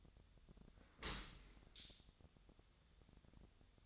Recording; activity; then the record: daily activity, microphone in the room; open dishwasher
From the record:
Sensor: 3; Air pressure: 1006.7 hPa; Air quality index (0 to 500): 207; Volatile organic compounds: 19 ppm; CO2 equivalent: 2646 ppm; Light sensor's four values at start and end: 10/24/10/10 and 10/24/10/10